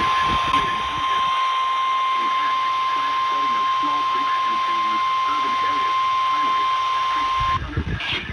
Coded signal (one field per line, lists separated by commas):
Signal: Emergency Alert System (SAME) tones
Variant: 1050 Hz attention tone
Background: speech